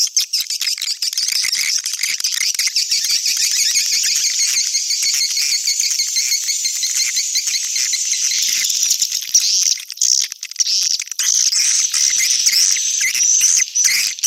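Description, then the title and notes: Swiftlets twitter in a dense, continuous chorus of high rapid chirps, with a rhythmic pulsing stretch in the first half. Swiftlet calls associated with swiftlet farming in Asia. "Swiflet Bird Sound. Farming Swiflet Bird asia sound"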